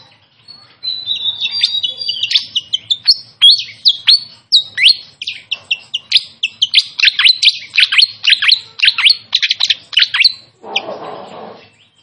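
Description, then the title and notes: Pied fantail song: a long, lively series of high whistled and chirped notes in quick succession, many sliding downward, ending with a brief rustling, hissy noise. Training recording used to teach song; clear voice. "Masteran Sikatan Kipas Suara Jernih Dan Suara Gemericik Air. Suara Burung Sikatan Londo"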